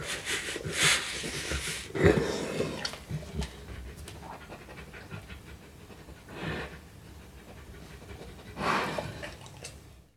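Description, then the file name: Dog sniffing, with short breathy bursts spaced a few seconds apart, quieter between them. Dog eating, drinking and sniffing. "Digiffects Sound Effects Library - Dog Eating Drinking And Sniffing"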